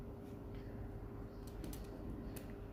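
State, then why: Not seated. A sport band's upper end is being slid into the band slot of an aluminium Apple Watch Series 4 44mm case, with soft handling noise, a steady low hum and a few brief ticks. Nothing has seated or clicked into place yet.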